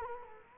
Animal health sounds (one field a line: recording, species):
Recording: mosquito wingbeat signal from an infrared sensor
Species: Culex quinquefasciatus